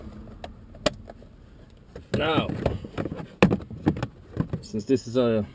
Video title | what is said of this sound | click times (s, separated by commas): Honda Civic Upper Speedometer Not Working! Dim display then goes Black! Not showing anything! | plug it back in until it snaps. | 0.9 s